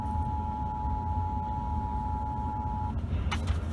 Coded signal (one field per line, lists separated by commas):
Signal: Emergency Alert System (SAME) tones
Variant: 853 and 960 Hz attention tone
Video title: National Period Test 2019 (EAS Capture #1)